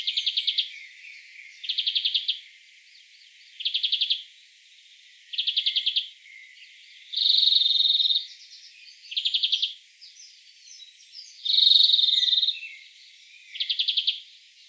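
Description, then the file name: European greenfinch repeating fast metallic trills roughly every two seconds, broken twice by longer wheezing notes, with faint twitters in the background. "Chloris chloris"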